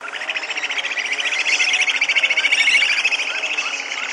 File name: Canto do ariramba vermelha